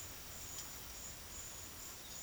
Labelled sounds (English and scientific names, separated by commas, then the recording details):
none
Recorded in secondary vegetation near Puerto Asís, Putumayo, Colombia, on 24 June 2025 at 12:30
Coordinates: 0.500, -76.326
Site GP08